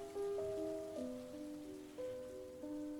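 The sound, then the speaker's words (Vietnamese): Steady, dense heavy rain pours outside at night, hissing throughout, while slow, sustained musical notes shift in pitch over it, holding a constant level from start to finish. “Ở bên ngoài trời vẫn không ngừng mưa tầm tã, cho đến sáng vẫn chưa chịu dừng lại”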